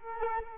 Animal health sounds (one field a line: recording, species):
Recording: mosquito wingbeat signal from an infrared sensor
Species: Culex quinquefasciatus